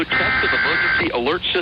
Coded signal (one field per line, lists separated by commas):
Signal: Emergency Alert System (SAME) tones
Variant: header bursts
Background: speech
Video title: NickToons Review! @ Nite EAS Test, July 29th , 2018. 9:25pm